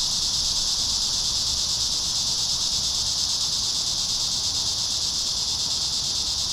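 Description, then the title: Cicadas droning together in a loud, unbroken high-pitched buzz for the whole stretch. Cicadas singing in a park. "neoscenes: cicadas in the park"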